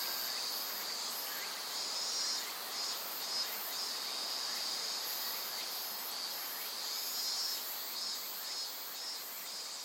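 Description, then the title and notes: Insects in a continuous high-pitched chorus, with pulsing bursts layered over a constant buzz. Various insects in a forest of dense trees beside the Azusa River, Shinano River system, Shinshu. "信州、川の森の音. 信濃川水系、梓川へやってきました。 川のそばには木々が生い茂る森があり、いろんな虫たちの声を聴くことができました。"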